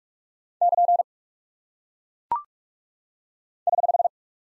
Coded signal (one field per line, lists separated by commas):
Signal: Morse code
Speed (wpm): 44 wpm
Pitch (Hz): 700 Hz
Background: none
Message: <KN> <HH>